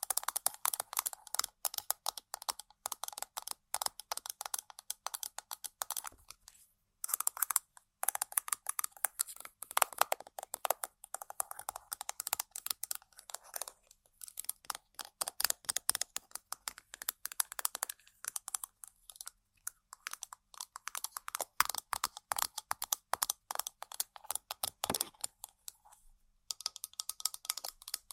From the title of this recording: ASMR Tapping & Scratching On Random Objects